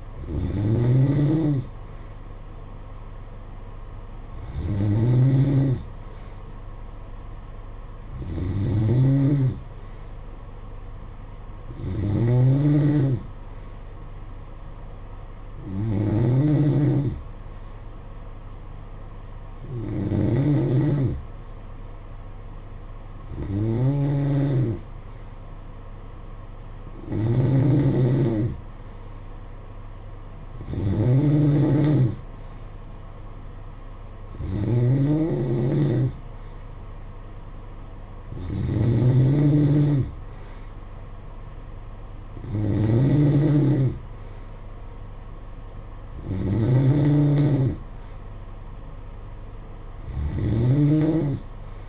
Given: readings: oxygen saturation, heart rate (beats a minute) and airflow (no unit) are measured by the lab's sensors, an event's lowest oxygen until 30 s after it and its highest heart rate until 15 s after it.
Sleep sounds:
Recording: breathing in sleep by a smartphone at the bedside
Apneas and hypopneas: none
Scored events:
28.00-51.89 s: new sleep stage, N3 (deep sleep)
From the record:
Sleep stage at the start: N2 (light sleep)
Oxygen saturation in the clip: 91 to 92%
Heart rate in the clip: 54 to 58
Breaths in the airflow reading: 14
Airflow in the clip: -9.4 to 6.2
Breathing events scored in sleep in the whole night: 476 in 9.7 hours asleep

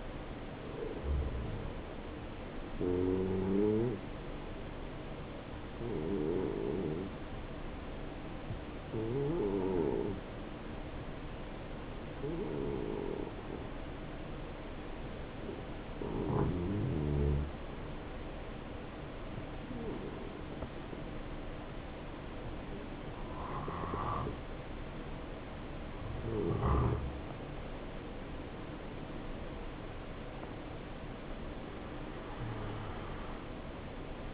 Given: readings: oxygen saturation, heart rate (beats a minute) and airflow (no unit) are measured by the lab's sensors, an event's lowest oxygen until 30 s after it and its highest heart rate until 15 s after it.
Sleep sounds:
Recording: breathing in sleep by a voice recorder at the bedside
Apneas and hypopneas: 1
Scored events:
4.00-25.40 s: obstructive apnea (N2, oxygen 92% highest, then 87% lowest, heart rate 68 at the start, 74 highest)
From the record:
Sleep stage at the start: N2 (light sleep)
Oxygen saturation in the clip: 84 to 92%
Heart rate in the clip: 68 to 74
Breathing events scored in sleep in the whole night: 277 in 7.4 hours asleep

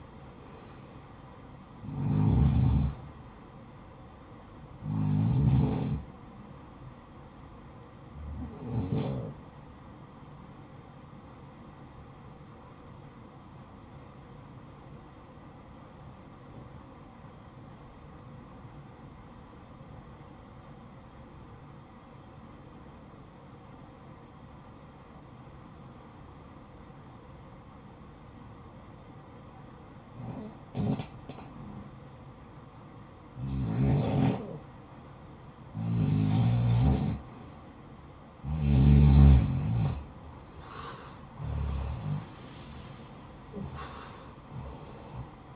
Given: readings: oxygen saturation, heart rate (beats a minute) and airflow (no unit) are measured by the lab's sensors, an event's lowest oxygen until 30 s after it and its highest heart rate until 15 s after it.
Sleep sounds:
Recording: breathing in sleep by a smartphone at the bedside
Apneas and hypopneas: 1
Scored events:
15.00-36.30 s: obstructive apnea (REM, oxygen 92% highest, then 83% lowest, heart rate 64 at the start, 76 highest)
From the record:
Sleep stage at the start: REM sleep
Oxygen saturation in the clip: 79 to 92%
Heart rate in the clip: 61 to 80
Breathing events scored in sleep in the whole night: 573 in 9.8 hours asleep

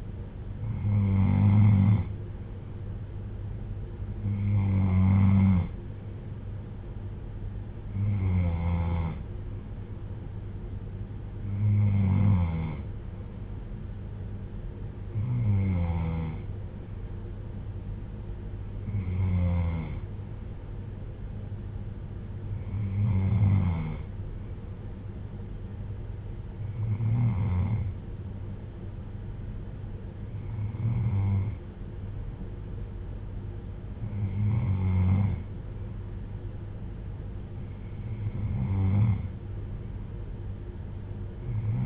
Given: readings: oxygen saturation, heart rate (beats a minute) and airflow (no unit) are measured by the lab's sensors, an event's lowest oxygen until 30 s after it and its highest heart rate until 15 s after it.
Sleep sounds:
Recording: breathing in sleep by a smartphone at the bedside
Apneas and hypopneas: none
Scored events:
none scored
From the record:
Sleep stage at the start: N3 (deep sleep)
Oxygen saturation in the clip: 93 to 95%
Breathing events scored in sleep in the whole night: 310 in 8.1 hours asleep

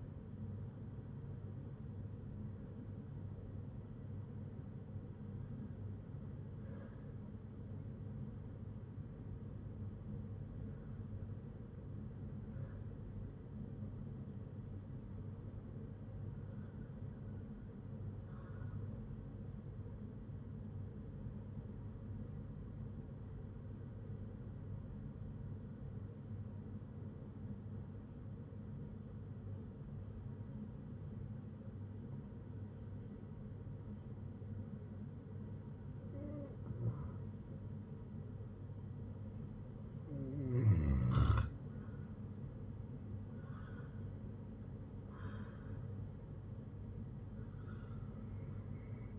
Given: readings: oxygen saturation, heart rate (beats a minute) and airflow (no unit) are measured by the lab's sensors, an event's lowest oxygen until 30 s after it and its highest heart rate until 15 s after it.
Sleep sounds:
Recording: breathing in sleep by a smartphone at the bedside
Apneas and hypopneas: 1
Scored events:
19.00-39.30 s: hypopnea (N1, oxygen 97% highest, then 88% lowest, heart rate 62 at the start, 74 highest)
23.00-49.19 s: new sleep stage, N2 (light sleep)
From the record:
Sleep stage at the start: N1 (lightest sleep)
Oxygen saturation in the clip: 92 to 97%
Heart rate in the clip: 56 to 75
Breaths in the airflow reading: 10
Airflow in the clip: -6.2 to 8.5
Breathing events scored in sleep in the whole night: 182 in 7.4 hours asleep

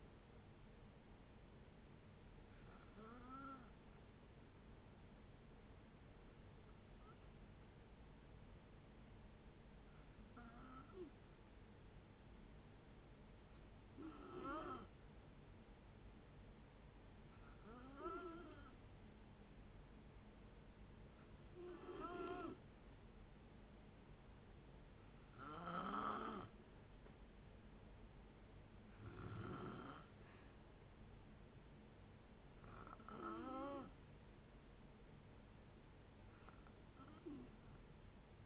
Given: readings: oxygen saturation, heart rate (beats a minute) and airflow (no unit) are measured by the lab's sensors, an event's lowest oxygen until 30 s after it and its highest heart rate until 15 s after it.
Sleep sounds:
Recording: breathing in sleep by a voice recorder at the bedside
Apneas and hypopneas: 1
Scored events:
8.00-27.10 s: hypopnea (N2, oxygen 93% highest, then 90% lowest)
From the record:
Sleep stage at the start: N2 (light sleep)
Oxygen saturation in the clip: 90 to 93%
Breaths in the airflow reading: 10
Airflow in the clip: -8.2 to 4.9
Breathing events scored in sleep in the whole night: 496 in 5.4 hours asleep

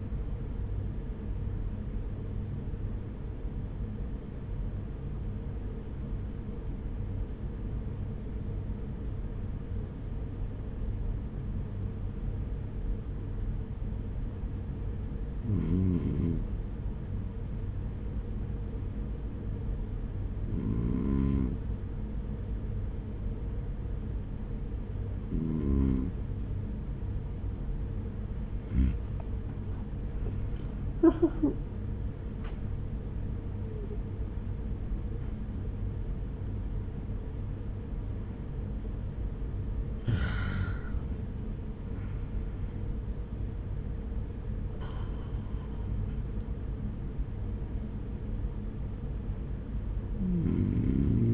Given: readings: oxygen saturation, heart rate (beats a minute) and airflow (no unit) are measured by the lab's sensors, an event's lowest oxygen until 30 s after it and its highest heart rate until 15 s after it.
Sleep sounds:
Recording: breathing in sleep by a smartphone at the bedside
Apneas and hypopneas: 1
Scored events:
3.00-28.60 s: hypopnea (REM, oxygen 96% highest, then 94% lowest, heart rate 55 at the start, 74 highest)
From the record:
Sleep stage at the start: REM sleep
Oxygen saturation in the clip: 94 to 96%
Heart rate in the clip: 50 to 74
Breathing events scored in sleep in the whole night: 210 in 6.9 hours asleep

